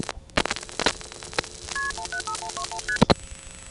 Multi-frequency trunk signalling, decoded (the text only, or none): KP175121ST